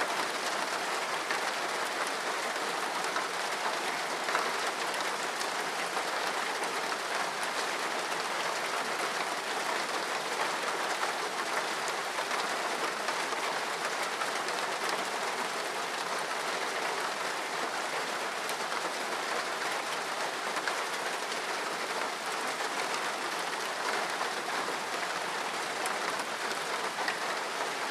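Rain pours steadily on a tin roof, a dense, even hiss of countless bright taps with no letup and no thunder heard.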